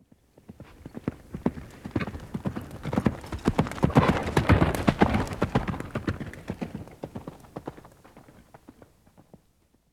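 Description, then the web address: Horse galloping, rapid drumming hoofbeats that grow louder toward the middle, then fade away, with no other clear sounds. Horse galloping by. "horse gallop by medium"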